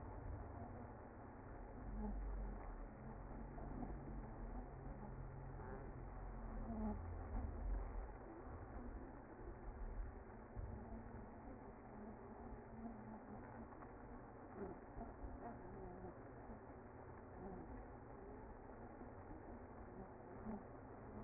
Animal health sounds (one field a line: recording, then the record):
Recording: honeybee colony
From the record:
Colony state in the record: active